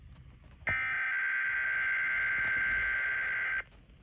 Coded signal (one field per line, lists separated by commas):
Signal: Emergency Alert System (SAME) tones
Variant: header bursts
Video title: Scholastic Storms II: Midnight Nightmare (EAS Alerts from 4/1/23) EAS #42-#51